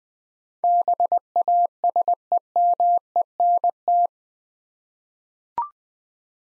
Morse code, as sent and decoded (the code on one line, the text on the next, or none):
-... .- ... . -- . -. -
BASEMENT